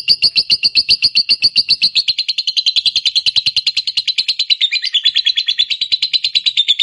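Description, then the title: Lovebird song: a continuous fast, high chattering trill of rapidly repeated notes, steady throughout, slightly lowering in pitch toward the end. Recording used to prompt a lazy lovebird into eager, spontaneous singing. "LOVEBIRD Malas Bunyi JADI GREGET SPONTAN Langsung NARIK"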